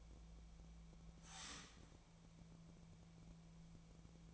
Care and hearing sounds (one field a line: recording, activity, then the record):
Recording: daily activity, microphone in the room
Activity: start toaster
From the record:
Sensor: 1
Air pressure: 1000.2 hPa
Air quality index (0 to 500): 154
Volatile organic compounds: 3 ppm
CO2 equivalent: 1447 ppm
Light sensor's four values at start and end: 30/75/32/38 and 30/76/32/38